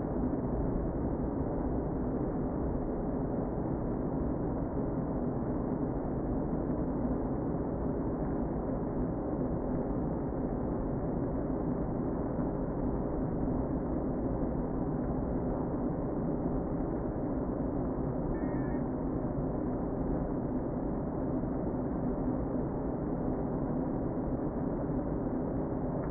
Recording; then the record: honeybee colony, microphone inside the hive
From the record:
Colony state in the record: queen present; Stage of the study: before two queens were removed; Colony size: about 60,000 bees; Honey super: yes